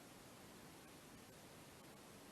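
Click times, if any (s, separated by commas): none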